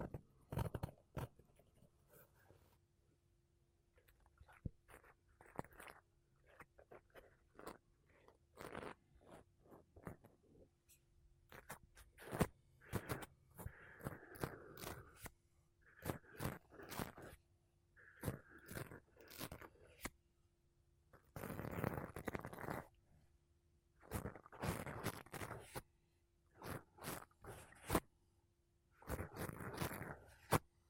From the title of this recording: Mic Brushing Using Makeup Brushes and Sponge